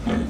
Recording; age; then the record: pig call; growing-finishing pig (85 days or more)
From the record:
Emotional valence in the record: negative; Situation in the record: barren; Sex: female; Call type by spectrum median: low-frequency call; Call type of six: low-frequency stable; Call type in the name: low-frequency stable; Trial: 1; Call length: 0.30 s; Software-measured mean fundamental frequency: 42 Hz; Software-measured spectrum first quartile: 193 Hz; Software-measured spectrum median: 303 Hz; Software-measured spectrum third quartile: 837 Hz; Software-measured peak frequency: 230 Hz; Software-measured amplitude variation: 162 dB a second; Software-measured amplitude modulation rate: 25.2 a second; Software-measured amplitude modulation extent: 6.4 dB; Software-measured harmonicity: 2.3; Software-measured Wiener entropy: -1.21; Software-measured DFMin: 654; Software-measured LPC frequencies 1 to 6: 1635, 3252, 6178, 7262, 8256, 10641 Hz